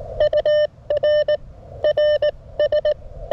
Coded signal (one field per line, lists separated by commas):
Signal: Morse code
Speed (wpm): 18 wpm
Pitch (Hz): 590 Hz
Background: none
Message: UR RS